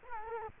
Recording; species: mosquito wingbeat signal from an infrared sensor; Culex quinquefasciatus